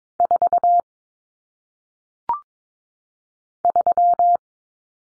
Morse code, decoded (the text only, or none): 4 3